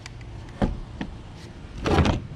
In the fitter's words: once you push this down and it locks into place and vice versa